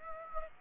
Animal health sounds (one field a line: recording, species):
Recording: mosquito wingbeat signal from an infrared sensor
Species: Aedes aegypti